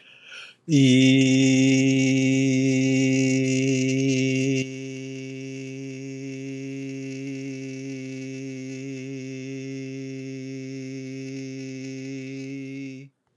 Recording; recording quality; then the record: sustained vowel as in beet; excellent, no background noise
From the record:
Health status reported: exposed to COVID-19, no respiratory illness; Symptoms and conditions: fatigue, hypertension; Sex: male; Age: 66 years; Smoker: not ticked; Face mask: not worn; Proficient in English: yes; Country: United States